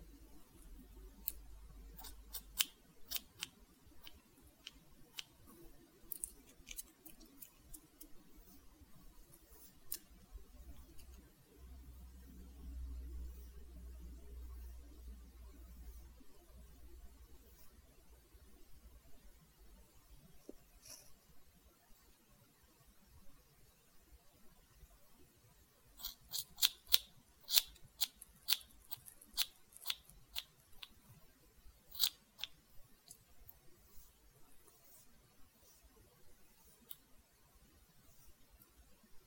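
Scissors snip through hair during a haircut, the sharp clicks coming in irregular bursts, thickest around the first ten seconds and again from about 26 to 33 seconds. Between bursts a low rumble and soft murmur fill the background.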